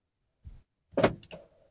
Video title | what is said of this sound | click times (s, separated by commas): Child lock का इस्तेमाल कैसे करें - child safety lock - आपके बच्चों की जान बचाने वाला फीचर्स - Brezza | देखा आपने, एक आवाज आई और ये लॉक हो गया। | 1.0 s, 1.2 s, 1.3 s